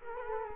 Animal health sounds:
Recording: mosquito wingbeat signal from an infrared sensor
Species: Culex quinquefasciatus

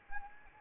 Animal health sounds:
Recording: mosquito wingbeat signal from an infrared sensor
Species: Anopheles arabiensis

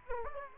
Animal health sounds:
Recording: mosquito wingbeat signal from an infrared sensor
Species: Aedes aegypti

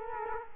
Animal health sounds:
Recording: mosquito wingbeat signal from an infrared sensor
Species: Culex quinquefasciatus

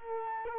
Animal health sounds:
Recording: mosquito wingbeat signal from an infrared sensor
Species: Culex quinquefasciatus

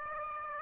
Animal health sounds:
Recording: mosquito wingbeat signal from an infrared sensor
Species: Aedes aegypti

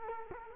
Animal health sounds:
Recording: mosquito wingbeat signal from an infrared sensor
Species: Culex quinquefasciatus

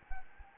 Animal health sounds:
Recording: mosquito wingbeat signal from an infrared sensor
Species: Anopheles gambiae

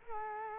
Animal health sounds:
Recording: mosquito wingbeat signal from an infrared sensor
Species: Culex quinquefasciatus

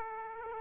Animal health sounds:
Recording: mosquito wingbeat signal from an infrared sensor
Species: Aedes aegypti

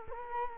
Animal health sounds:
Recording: mosquito wingbeat signal from an infrared sensor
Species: Culex quinquefasciatus

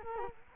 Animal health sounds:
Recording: mosquito wingbeat signal from an infrared sensor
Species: Culex quinquefasciatus

